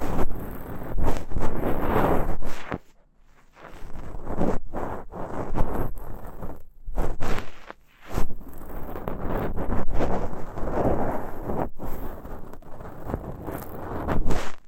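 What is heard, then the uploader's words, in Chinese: Ear cleaning with a fluffy bonten and horsehair: dense, scratchy rustling and soft brushing strokes, with a low rumble under a bright hiss. Strokes come in uneven bursts, pausing to near silence around 3 and 8 seconds and briefly near 7 and 12. ASMR×KU100。掏耳．梵天．馬尾絲。Deep Ear Cleaning。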